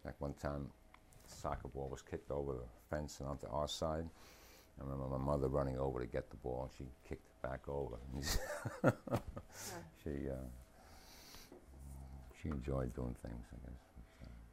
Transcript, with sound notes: Like one time a soccer ball was kicked over the fence and over to our side. And I remember my mother running over to get the ball and she kicked it back over. (laughs) She--- she enjoyed doing things, I guess.